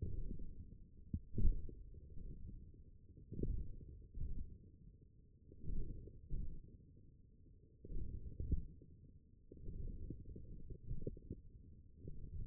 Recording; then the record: forearm muscle sounds (acoustic myography)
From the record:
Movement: wrist flexion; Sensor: system 1, eight BSWA MPA416 microphones around the upper forearm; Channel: 5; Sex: male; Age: 42 years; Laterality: right